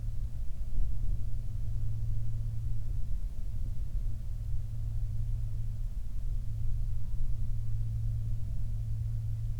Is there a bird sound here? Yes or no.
no